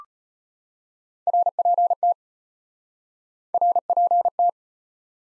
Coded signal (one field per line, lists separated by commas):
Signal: Morse code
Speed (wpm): 33 wpm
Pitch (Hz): 700 Hz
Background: none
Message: RPT RPT